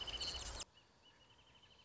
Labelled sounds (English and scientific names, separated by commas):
Wrentit (Chamaea fasciata)